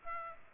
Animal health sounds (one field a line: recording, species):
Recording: mosquito wingbeat signal from an infrared sensor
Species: Aedes aegypti